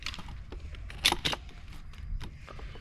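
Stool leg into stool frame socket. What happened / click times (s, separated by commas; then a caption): Parts are being handled and nothing has seated yet, though two sharp clicks could be mistaken for a seating snap / none. A leg of a lightweight folding backpacking stool is handled and fitted toward its socket in the stool frame during assembly, with rattling handling noise and brief sharp knocks near 0.1, 1.1 and 1.3 seconds. The leg has not yet snapped into place, and nothing has seated or clicked by the end of the clip.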